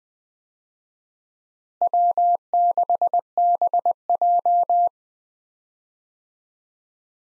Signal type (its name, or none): Morse code